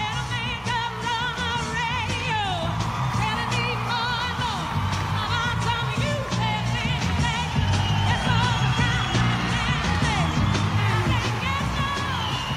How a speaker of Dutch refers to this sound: In 1968 gaf zij een optreden in het Concertgebouw in Amsterdam. En al bij het eerste liedje ging het publiek helemaal uit zijn dak en drongen ze vooraan bij het podium.